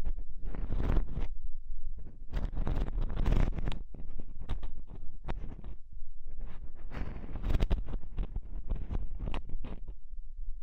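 An ear exploration sequence of crackly, rubbing and scratching sounds arriving in dense bursts, busiest in the first four seconds and again from about six seconds on. A quieter, sparser stretch sits in between, and a low, steady rumble runs underneath throughout.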